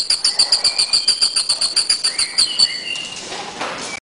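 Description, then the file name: Bird with quick repeated high chirps for over two seconds, then a few slurred lower whistles as the pulsing fades out. "burungrio"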